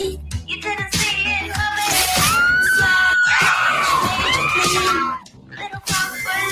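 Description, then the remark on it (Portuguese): A girl screams on seeing a three-toed sloth in the bathroom, a long, high-pitched, sustained shriek that wavers in pitch, with other excited voices shouting and yelling around her before it trails off. “Eu não entendi porque essa menina gritou quando viu a preguiça no banheiro.”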